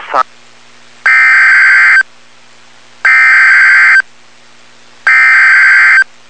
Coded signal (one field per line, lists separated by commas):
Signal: Emergency Alert System (SAME) tones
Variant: header bursts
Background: speech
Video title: Tornado Warning (EAS #359)